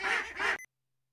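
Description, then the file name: Duck giving two harsh nasal quacks in quick succession, followed by a short pure electronic tone and then silence. Lunel. "canards lunel"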